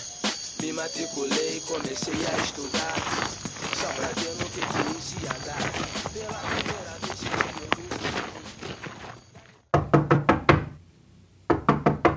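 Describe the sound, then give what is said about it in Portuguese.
Sharp knocks rap on a door in two quick bursts of several hits each, following a long stretch of busy, dense background noise that cuts off abruptly. “Pode entrar, irmão. A porta tá aberta.”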